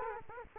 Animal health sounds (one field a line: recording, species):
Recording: mosquito wingbeat signal from an infrared sensor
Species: Culex quinquefasciatus